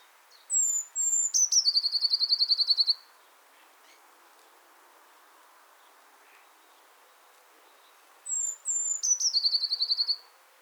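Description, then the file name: Eurasian blue tit calling twice, each a few high thin notes running into a fast buzzy trill, with a long quiet gap between the two bouts. "Cyanistes caeruleus"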